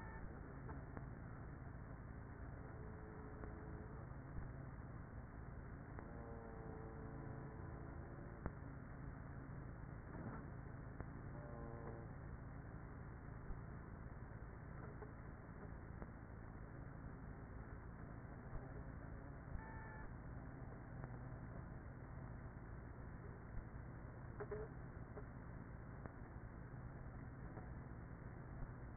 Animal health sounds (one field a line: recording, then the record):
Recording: honeybee colony, microphone inside the hive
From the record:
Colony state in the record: queenless with a low population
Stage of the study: after two queens were removed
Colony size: about 30,000 bees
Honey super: no